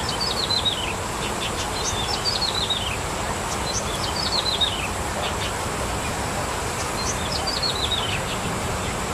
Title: Suara Burung Ciblek